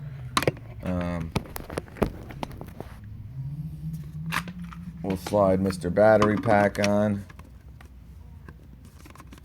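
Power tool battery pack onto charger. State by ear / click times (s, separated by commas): not seated / none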